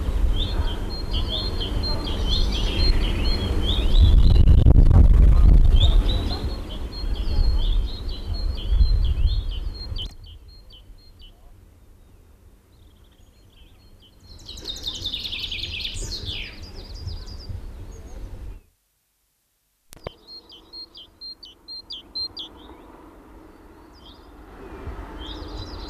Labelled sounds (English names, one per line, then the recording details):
Coal Tit song
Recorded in the wild
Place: Ehrwald, Tirol, AT
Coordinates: 47.4, 10.9183
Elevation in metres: 980
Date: 1968-04-17
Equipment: 19 cm Halbspur
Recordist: Tretzel, Erwin